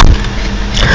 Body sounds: coughing

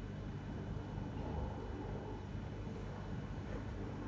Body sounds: background sound without coughing

